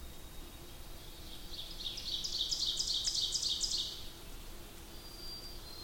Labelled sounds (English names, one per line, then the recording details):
Ovenbird song
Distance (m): 35 m
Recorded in boreal forest in Alberta, Canada, on 8 June 2016 at 08:15
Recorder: SongMeter 3, array SBT-3-9
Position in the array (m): 52 m, 105 m
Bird 33